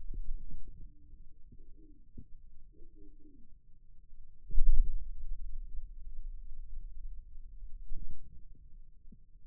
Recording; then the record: forearm muscle sounds (acoustic myography)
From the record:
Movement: radial deviation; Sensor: system 2, bracelet of six BSWA MPA416 microphones around the upper forearm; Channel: 1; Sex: male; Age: 22 years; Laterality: right